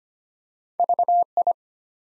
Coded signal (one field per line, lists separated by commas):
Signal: Morse code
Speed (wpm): 25 wpm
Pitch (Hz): 700 Hz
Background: none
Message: VI